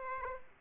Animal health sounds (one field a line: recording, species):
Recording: mosquito wingbeat signal from an infrared sensor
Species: Aedes aegypti